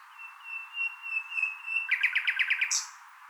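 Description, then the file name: Common nightingale song: a long, thin whistled note held near one pitch, then a quick series of several sharp repeated notes ending in a brief buzzy flourish. "Luscinia megarhynchos"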